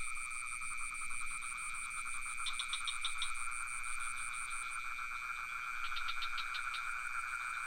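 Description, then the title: Insistent cricket trilling underlies two separate bursts of rapid, knocking frog calls. Crickets with some frogs, recorded near the pond in Ubud, Sony PCM D50 with Rode NT4 microphone. "Crickets and frogs in Ubud"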